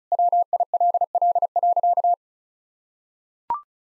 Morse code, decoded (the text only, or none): WILL.